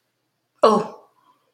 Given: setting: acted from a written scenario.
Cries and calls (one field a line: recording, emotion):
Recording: vocal sound without words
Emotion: negative surprise